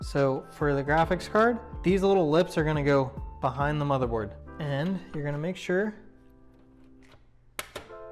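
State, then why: Seated. A graphics card is pressed into a motherboard PCIe slot, with its bracket lips behind the case, while someone talks for about the first six seconds. After a quiet stretch and a faint tap near 7.1 s, the slot's retention clip gives a sharp click at 7.6 s, followed by a smaller knock at 7.8 s. The card is seated.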